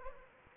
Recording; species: mosquito wingbeat signal from an infrared sensor; Anopheles gambiae